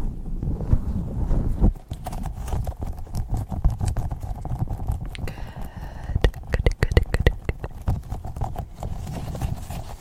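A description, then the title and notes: Quick, aggressive trigger sounds: dense, irregular taps and clicks with deep, muffled thumps underneath. Around the middle, from about five to seven seconds, a squeaky, ringing tone joins the sharp clicks before steady tapping resumes. Unpredictable Fast & Aggressive Trigger Assortment (Beeswax Wrap, Mic Triggers, Fidget Toys).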